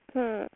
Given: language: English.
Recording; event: throat vibration sensor signal played as sound; speech